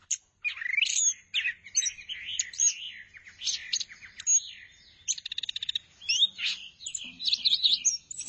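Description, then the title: Thrush song of quick, twisting whistles and buzzy trills delivered almost without pause, shifting constantly in pitch and pattern. "burung anis x"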